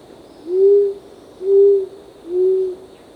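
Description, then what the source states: Short-toed coucal calling with three low, hollow hoots at an even, unhurried pace, a faint insect whine running underneath. Recorded on 1 April 2006.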